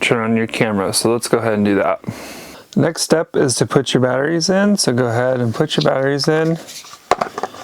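Someone talks while batteries are put into a 2020 Stealth Cam Fusion trail camera and its battery tray is handled toward the camera body. A few sharp handling sounds occur around 7.1–7.4 s, but the tray has not clicked into place or seated yet.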